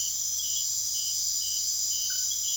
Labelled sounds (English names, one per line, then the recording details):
none
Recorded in secondary vegetation near Puerto Asís, Putumayo, Colombia, on 24 June 2025 at 00:00
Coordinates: 0.500, -76.326
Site GP08